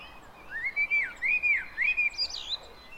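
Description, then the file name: Common blackbird singing one clear, mellow fluted phrase of three arched whistles, then a thin high twittering flourish at the end, with faint background noise. "Turdus merula"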